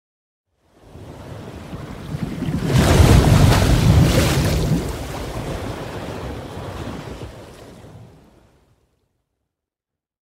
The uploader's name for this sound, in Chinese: 流水聲